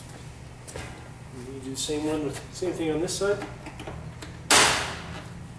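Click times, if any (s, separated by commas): 4.5 s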